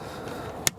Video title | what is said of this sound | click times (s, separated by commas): Acura RSX (2002-2006): Marker Lights LED Install From Auxito. | turn it clockwise till it clicks, and it's done. | 0.7 s